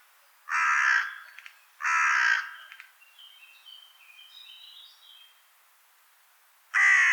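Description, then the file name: Carrion crow giving harsh, raspy caws, two early and one at the end, with faint high chirps in the gap between them. "Corvus corone"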